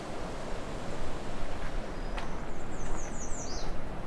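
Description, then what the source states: American Redstart song: one short, very high phrase of rapid thin notes ending in a downward slur, heard once near the end, over a steady noisy background. Single bird recorded close up giving one of the species' main song types; Alvar Bay; July 26, 2020.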